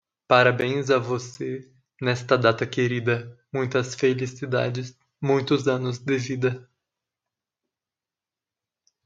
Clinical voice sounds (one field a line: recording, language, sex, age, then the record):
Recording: short text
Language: Brazilian Portuguese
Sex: male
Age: 20 to 29 years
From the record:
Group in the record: control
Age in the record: 27 years